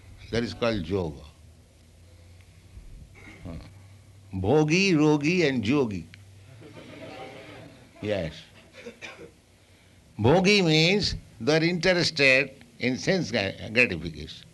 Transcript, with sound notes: That is called yoga. Bhogī, rogī and yogī. [laughter] Yes. Bhogī means they are interested in sense gratification,